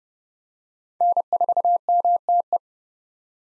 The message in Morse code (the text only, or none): N4MTE